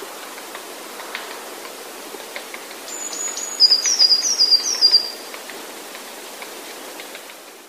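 Eurasian blue tit song: a thin high introductory note, then a quick series of several sharp high notes lasting under two seconds, over steady background hiss.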